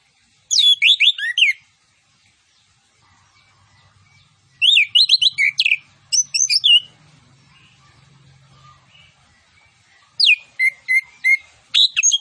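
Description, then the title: Orange-headed thrush song, three bursts of rapid rising whistled notes and sharp chirps with quiet gaps and faint low rumble between. Vigorous singing with full fill-in phrases and 'tembakan cililin' style shots. "Anis Kembang Gacor. MASTERAN ANIS KEMBANG ISIAN FULL DENGAN TEMBAKAN CILILIN"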